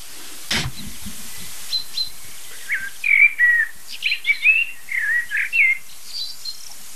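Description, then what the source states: Common chaffinch calls: a run of short, sharp, high chirping notes in quick uneven succession, with one brief thump near the start. 'Pink-pink' calls showing mild agitation; only the chaffinch is calling; the cause was later seen to be young jays with adults in dense oak-ivy, near the nest.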